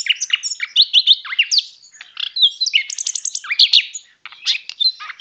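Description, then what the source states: Common nightingale song, a rapid jumble of varied whistles, sharp rising and falling notes and quick trills, delivered almost without pause. Recorded on 22 March 2014.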